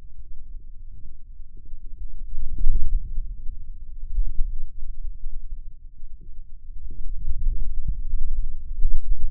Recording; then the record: forearm muscle sounds (acoustic myography)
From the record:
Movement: hand closing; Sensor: system 2, bracelet of six BSWA MPA416 microphones around the upper forearm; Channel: 5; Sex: male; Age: 22 years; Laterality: right